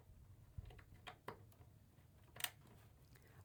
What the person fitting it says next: I heard a click. Oh, I believe that's installed.